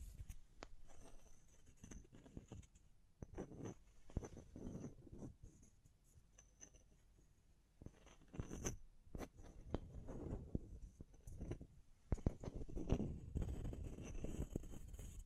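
Tapping, scratching and brushing sounds with crinkly touches run throughout, busy and irregular, mostly low and soft. Sharp clicks and taps punctuate it often, with a brief quieter stretch around six to eight seconds and livelier bursts near nine and thirteen seconds.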